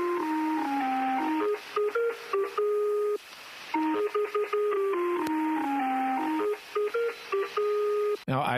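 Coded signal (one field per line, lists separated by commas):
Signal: numbers station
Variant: Lincolnshire Poacher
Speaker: known as the Lincolnshire poacher this is what it sounds like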